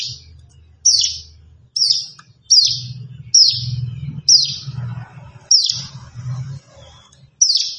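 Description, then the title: Plain prinia giving raspy falling high notes in quick succession over a steady low droning hum. "Ciblek Sawah 1"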